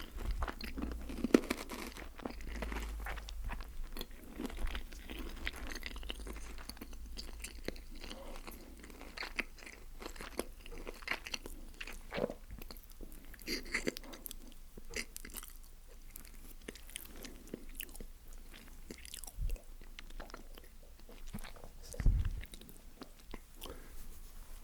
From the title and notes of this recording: ASMR KFC MUKBANG Zinger Burger, BBQ Bites, Snack Box.